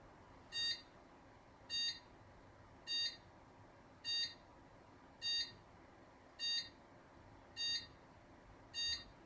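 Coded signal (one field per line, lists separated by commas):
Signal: beep code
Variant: AMI BIOS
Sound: eight short identical electronic beeps, about one per 1.2 seconds, over quiet background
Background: low background hum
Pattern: 8 short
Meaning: Eight beeps mean a display memory read/write failure, a fault with the video card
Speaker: display memory read write failure fault with video card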